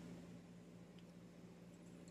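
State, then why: Not seated. A float hinge pin for the carburetor float of a Toro Recycler is handled against the hinge posts of the plastic carburetor body, over a steady low hum with faint small ticks near 1.0 and 2.1 seconds. Nothing has seated or clicked into place yet.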